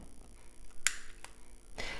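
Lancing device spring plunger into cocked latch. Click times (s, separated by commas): 0.9 s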